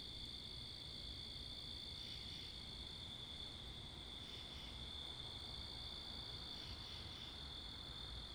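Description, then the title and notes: Crickets keep up a continuous shrill trill, with a few brief swelling bursts, backed by low wind and traffic noise. Wakefield, Rhode Island; 10 October 2021 at 11:35pm, night; mics facing northeast; two Rode NTG-3 shotgun mics on a Sound Devices MixPre 10ii; with cars and wind. "Oct 10th 2021 11:35pm Wakefield, Rhode Island. Crickets, Cars, and Wind"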